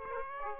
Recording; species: mosquito wingbeat signal from an infrared sensor; Aedes aegypti